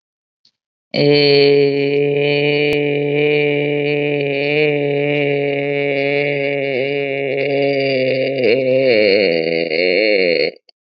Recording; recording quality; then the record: sustained vowel as in made; excellent, no background noise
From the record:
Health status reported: COVID-19 positive, mild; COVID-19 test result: positive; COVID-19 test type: RT-PCR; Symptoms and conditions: cold, sore throat, fever, fatigue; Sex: female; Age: 51 years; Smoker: no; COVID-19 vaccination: both doses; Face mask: not worn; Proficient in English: yes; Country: India